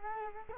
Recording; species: mosquito wingbeat signal from an infrared sensor; Culex quinquefasciatus